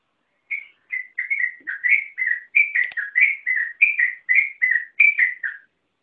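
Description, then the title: Yellow-vented bulbul song, a half-second pause then a chain of warbled, whistled notes rolling up and down for about five seconds before stopping. "Suara Trucukan"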